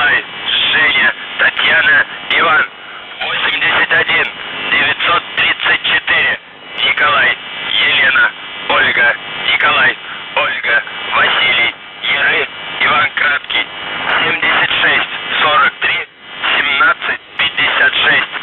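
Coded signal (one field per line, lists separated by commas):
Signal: numbers station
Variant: UVB-76, Russian voice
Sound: a male voice reading a message over shortwave, steady syllables with short pauses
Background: radio static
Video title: The Buzzer/UVB-76(4625Khz) January 28th, 2023 08:02UTC Voice message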